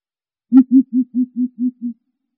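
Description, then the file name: Greater coucal calling a run of seven low, even, booming hoots that fall slightly softer toward the end. Calling in the forest. "Tieng chim bim bip rung keu"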